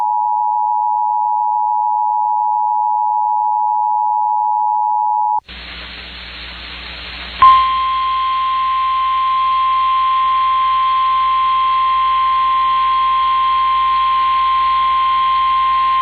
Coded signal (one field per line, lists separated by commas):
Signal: Emergency Alert System (SAME) tones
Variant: 853 and 960 Hz attention tone